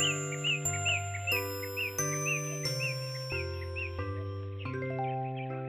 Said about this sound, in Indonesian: Itu lihat, matahari sudah muncul. Nah, dengar itu. Ayam dan burung juga sudah bangun.